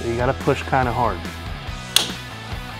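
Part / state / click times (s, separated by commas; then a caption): second bias transfer roll release tab in a laser printer side door / released / 2.0 s. Someone talks while pushing hard, in the direction of the arrow, on the orange plastic release tab on top of the second bias transfer roll in the side door of a Xerox AltaLink WC 7500/C8000-series laser printer. The tab gives a sharp click at 2.0 s, unlocking the roll for removal.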